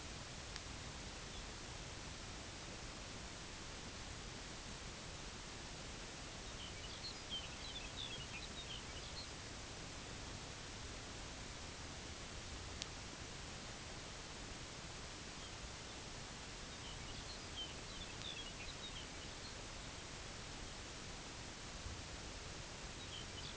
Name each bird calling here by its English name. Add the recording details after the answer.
Lapland Longspur. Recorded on Arctic tundra, site UTQI-8, on 11 June 2019. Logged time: 06:00